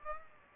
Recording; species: mosquito wingbeat signal from an infrared sensor; Aedes aegypti